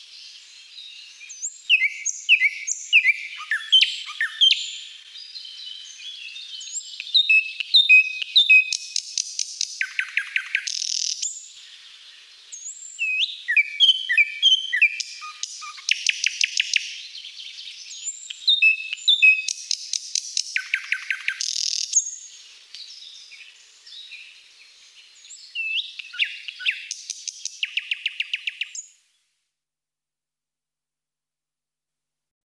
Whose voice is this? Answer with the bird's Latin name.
Luscinia luscinia